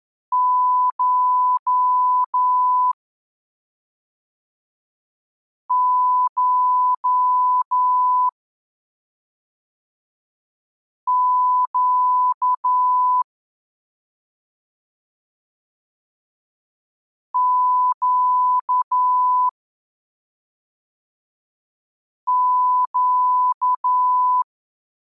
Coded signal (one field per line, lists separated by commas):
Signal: Morse code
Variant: Russian alphabet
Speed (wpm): 11 wpm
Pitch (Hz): 1000 Hz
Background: none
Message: Ш Ш Щ Щ Щ